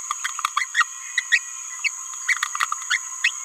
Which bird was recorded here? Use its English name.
Green-rumped Parrotlet